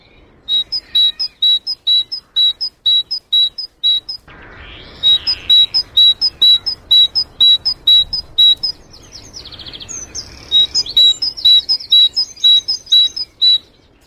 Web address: birdsong greattit